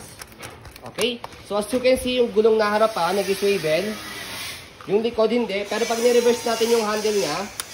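Someone talks over faint handling sounds as the reversible handle of an Aprica Soraria Premium stroller is being reversed to set the stroller wheel's swivel lock. Nothing has seated or clicked yet.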